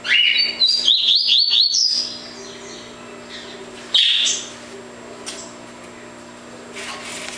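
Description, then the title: Double-collared seedeater song, a quick two-second run of high, slurred whistled notes, then a single sharp chirp and scattered faint calls. "Canto Coleiro"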